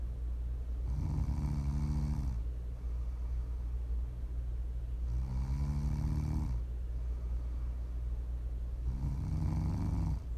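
ASMR snoring: three low, buzzing snores on inhalation about every four seconds, roughly 15 breaths a minute, over a steady hum.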